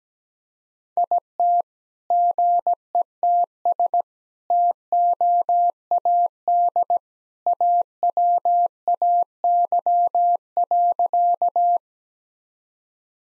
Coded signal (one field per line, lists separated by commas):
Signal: Morse code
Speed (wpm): 17 wpm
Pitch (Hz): 700 Hz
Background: none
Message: IT GETS TOAD AWAY.